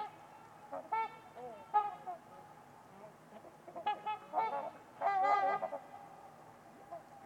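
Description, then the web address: Trumpeter swans giving nasal, trumpet-like honks in short bursts, with a steady faint tone in the background between calls. Trumpeter swans at Winters Lake in a deep valley on a winter evening; silent surroundings apart from distant white noise. "Trumpeter Swans on a Winter's Eve. Winters-Lake-with-Swan. Wind Is the Original Radio"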